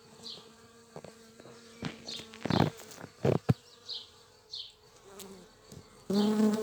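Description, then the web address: Bee buzz swelling loudly at the end after scattered faint hums, among sharp clicks and thumps. Flight sounds of bumblebees and bees in the local area; date code 220507. "Vols Bourdnabeilles 220507-Abeillesducoin"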